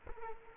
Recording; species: mosquito wingbeat signal from an infrared sensor; Culex quinquefasciatus